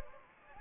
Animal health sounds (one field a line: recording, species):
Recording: mosquito wingbeat signal from an infrared sensor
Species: Anopheles gambiae